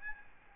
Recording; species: mosquito wingbeat signal from an infrared sensor; Aedes albopictus